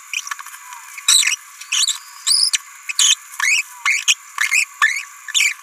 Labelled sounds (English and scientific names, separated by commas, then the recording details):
Green-rumped Parrotlet (Forpus passerinus) babbling
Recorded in a nest box in Venezuela
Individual 18B17A3